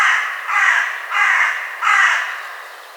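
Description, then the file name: Carrion crow cawing, four harsh, hoarse caws in quick succession, each about half a second long and fading toward the end. "Corvus corone"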